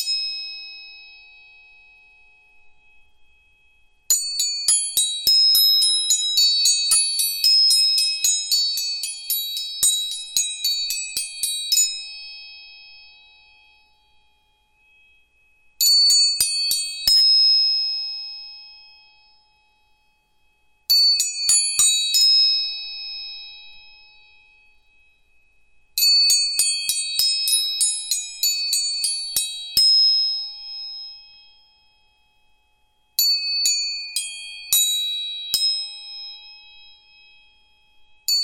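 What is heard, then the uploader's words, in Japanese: Tuning forks are struck in bursts, each tap giving a bright, clear metallic ring with a piercing high overtone. Quick runs of strikes come around 4–12 and 26–30 seconds, with shorter clusters between, and each ring fades slowly into near silence. 音叉チューニング。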